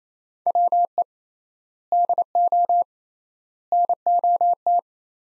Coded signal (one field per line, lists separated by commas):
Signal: Morse code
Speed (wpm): 27 wpm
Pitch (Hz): 700 Hz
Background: none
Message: WE DO NOT